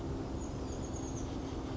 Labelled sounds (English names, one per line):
Chestnut-backed Chickadee